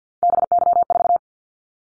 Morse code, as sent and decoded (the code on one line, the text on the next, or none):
-... -.-- ....-
BY4